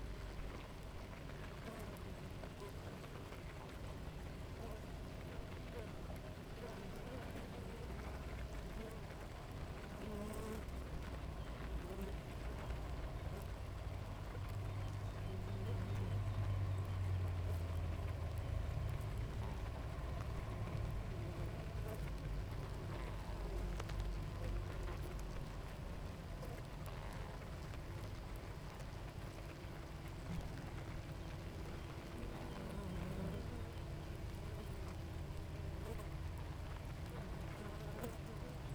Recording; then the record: honeybee colony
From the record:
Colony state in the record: active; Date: 28 July 2017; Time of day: 6:52